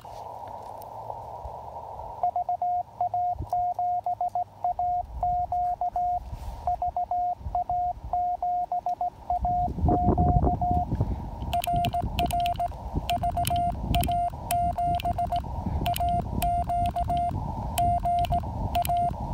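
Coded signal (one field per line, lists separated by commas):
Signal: Morse code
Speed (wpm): 17 wpm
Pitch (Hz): 700 Hz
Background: radio noise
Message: VA7AQ VA7AQ RR VA7AQ GA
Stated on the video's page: POTA park activation using an FT-817ND with an EFT Trail-Friendly antenna.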